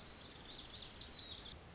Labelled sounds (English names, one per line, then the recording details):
Lazuli Bunting
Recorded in Sonoma County, California